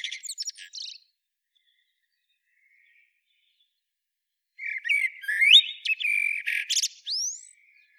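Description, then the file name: Eurasian blackbird song: a high twittering flourish opens, followed by a long quiet gap, then a rich warbled phrase with rising whistles and scratchy high notes. "Turdus merula"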